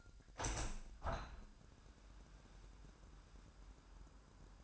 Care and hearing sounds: daily activity, microphone in the room; open window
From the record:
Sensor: 2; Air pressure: 998.4 hPa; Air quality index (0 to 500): 135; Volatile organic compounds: 3 ppm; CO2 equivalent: 1532 ppm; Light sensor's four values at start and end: 7/16/7/7 and 7/16/7/7

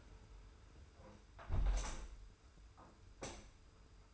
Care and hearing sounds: daily activity, microphone in the room; close window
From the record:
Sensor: 2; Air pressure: 991.2 hPa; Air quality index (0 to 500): 135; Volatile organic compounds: 190 ppm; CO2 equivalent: 4180 ppm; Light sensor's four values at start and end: 38/109/43/41 and 38/109/43/41

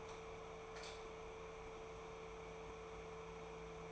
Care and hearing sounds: daily activity, microphone in the room; light on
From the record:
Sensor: 1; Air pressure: 1014.6 hPa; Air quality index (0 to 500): 175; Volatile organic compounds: 14 ppm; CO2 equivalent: 2477 ppm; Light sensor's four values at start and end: 38/96/40/49 and 41/108/45/54

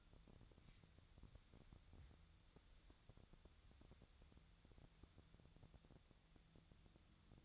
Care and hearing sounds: daily activity, microphone in the room; wipe stove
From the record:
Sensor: 3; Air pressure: 1007.0 hPa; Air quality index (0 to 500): 204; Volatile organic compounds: 18 ppm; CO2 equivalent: 2616 ppm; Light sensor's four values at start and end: 11/26/11/11 and 11/27/11/11

